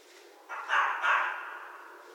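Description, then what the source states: Red fox giving a quick pair of harsh, coarse barks that tail off into background hiss. Recorded 11 January 2012.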